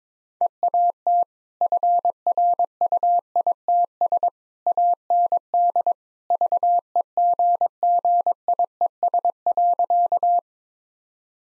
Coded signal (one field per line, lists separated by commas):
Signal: Morse code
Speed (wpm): 22 wpm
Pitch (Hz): 700 Hz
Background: none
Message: EAT FRUITS AND VEGGIES.